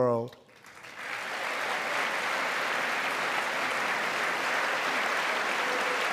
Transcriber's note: applause